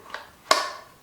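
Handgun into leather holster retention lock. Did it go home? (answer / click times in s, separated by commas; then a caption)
yes / 0.5 s. A handgun is pushed down into a leather holster until the retention device locks onto it. A faint tap at 0.1 s is followed by a sharp, bright lock click at 0.5 s that rings briefly, confirming the handgun is seated and held by the retention lock.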